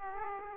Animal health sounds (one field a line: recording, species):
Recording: mosquito wingbeat signal from an infrared sensor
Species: Aedes aegypti